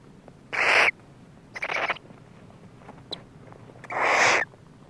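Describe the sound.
Barn owl making harsh hissing screeches, a sharp one, a similar rasp, then a longer broad shriek, with a faint click in between.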